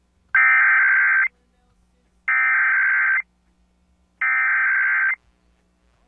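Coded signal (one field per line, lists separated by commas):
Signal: Emergency Alert System (SAME) tones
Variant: header bursts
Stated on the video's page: Required monthly test captured on an FM broadcast station in Maui.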